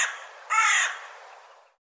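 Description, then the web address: Bird giving one harsh raspy caw after the tail of an earlier call, followed by a fading echo. "cianscape birddata Deverinetal 2025 File cleaned normalized Bird"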